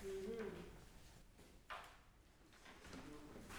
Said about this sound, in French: La porte de la bibliothèque.